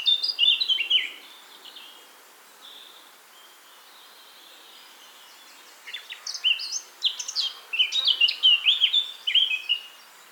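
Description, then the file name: Eurasian blackcap song: a quick, scratchy warbled phrase at the start, a quiet gap, then a longer run of varied chattering notes from about six seconds. "Sylvia atricapilla"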